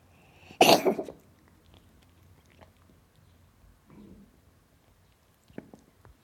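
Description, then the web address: Cat gives a single rough cough, then quiet with small rustles and a soft click near the end. "BBC Cats Coughing"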